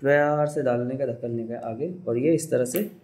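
A technician handles a cleaned imaging plate, guiding it back into a plastic computed radiography cassette for a Konica Minolta Regius system. Someone talks throughout, and the clip ends before the plate goes home, so nothing has seated or clicked yet.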